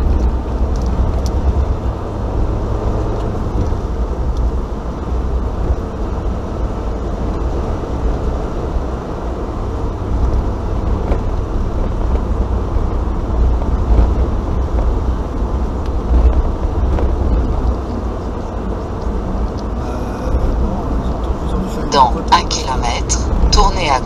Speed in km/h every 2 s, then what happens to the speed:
69, 73, 73, 74, 77, 76, 74, 73, 73, 73, 74, 74.
0-8 speeds up to 77. 8-24 steady at about 74.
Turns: none.